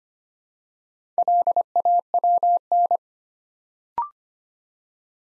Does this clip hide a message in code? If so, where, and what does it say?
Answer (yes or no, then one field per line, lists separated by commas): yes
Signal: Morse code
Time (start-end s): 1.2-3.0 s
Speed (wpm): 25 wpm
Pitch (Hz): 700 Hz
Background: none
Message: LAWN